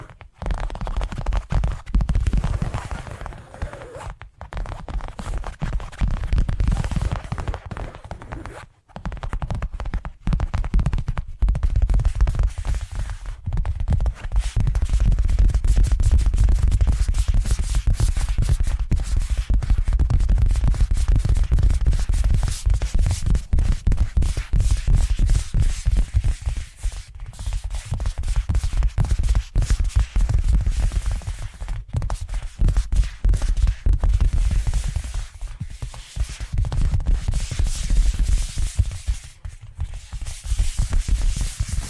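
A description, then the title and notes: Dense tapping triggers patter almost without pause, a rapid stream of small taps and scratchy brushes over a heavy low thump. The rhythm stays busy throughout, with brief dropouts near 4, 9, 27 and 38 seconds before the tapping resumes. ASMR 10 Addictive Tapping Triggers to Wake Up Your Tingles! (No Talking).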